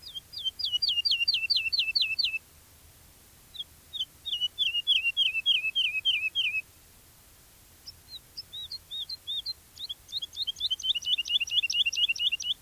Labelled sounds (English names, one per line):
Wood Lark